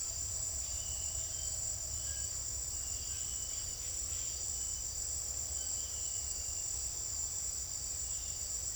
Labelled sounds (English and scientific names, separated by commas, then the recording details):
none
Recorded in secondary vegetation near Puerto Asís, Putumayo, Colombia, on 25 June 2025 at 18:00
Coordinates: 0.500, -76.326
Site GP08